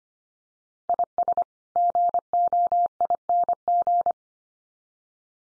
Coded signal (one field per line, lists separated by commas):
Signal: Morse code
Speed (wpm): 25 wpm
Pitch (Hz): 700 Hz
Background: none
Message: IS GOING